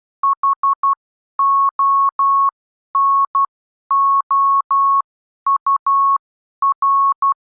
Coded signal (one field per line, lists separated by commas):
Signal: Morse code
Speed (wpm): 12 wpm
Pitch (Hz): 1100 Hz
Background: none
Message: HONOUR